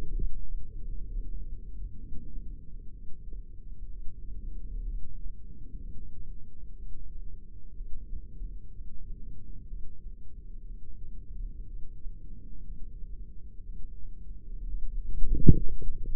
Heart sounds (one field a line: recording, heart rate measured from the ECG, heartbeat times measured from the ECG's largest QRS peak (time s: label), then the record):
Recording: heart sounds by microphone in the right ear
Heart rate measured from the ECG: 62 bpm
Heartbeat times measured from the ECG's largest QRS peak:
0.14 s: heartbeat
1.08 s: heartbeat
1.98 s: heartbeat
2.93 s: heartbeat
3.90 s: heartbeat
4.86 s: heartbeat
5.79 s: heartbeat
6.77 s: heartbeat
7.75 s: heartbeat
8.72 s: heartbeat
9.68 s: heartbeat
10.66 s: heartbeat
11.66 s: heartbeat
12.63 s: heartbeat
13.64 s: heartbeat
14.66 s: heartbeat
15.64 s: heartbeat
From the record:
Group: heart failure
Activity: light exercise 0-2 s, rest 2-16 s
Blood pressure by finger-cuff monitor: 68/36 mmHg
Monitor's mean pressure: 47 mmHg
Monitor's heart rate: 63 bpm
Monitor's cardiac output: 5.5 L/min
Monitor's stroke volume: 87 mL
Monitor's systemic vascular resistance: 570 dyn s/cm5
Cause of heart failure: dilated cardiomyopathy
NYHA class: 3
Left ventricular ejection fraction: 27%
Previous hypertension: present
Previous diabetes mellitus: present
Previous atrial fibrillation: present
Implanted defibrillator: present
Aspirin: present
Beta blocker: bisoprolol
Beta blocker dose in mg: 1.25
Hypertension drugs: sacubitril-valsartan, spironolactone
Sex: female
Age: 39 years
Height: 170 cm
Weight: 64 kg